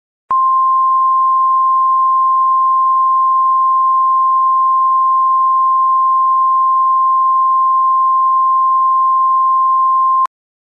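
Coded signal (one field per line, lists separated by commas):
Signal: Emergency Alert System (SAME) tones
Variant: 1050 Hz attention tone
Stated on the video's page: Re-creation of a TV station alert, not the original broadcast.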